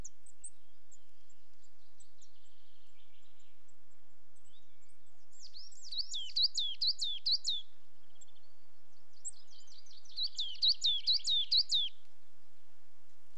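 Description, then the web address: Coal tits giving two bursts of high, rapid, twittering notes separated by a quiet gap, with faint thin calls and a low background hiss. Two pairs displaying. "BBC Sound Effects Library. Coal Tits"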